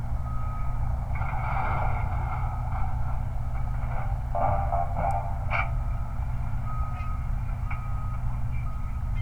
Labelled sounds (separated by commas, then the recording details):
truck
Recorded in the Prudhoe Bay oil fields, Alaska, on 29 July 2019
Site 29